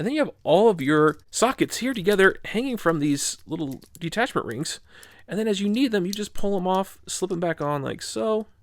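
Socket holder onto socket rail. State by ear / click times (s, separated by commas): not seated / none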